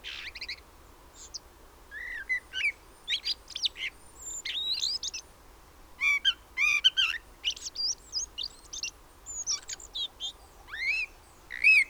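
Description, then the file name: Common blackbird calling with a dense stream of high, thin chirps and squeaky twitters, fairly continuous with a few brief pauses. "Turdus merula"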